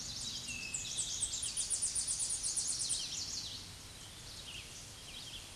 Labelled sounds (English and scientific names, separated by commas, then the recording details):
Tennessee Warbler (Leiothlypis peregrina) song
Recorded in a Pennsylvania forest on 16 May 2024 at 07:59
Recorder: AudioMoth, point MSD-2306
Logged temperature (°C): 15.6 °C
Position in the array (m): 69 m, 60 m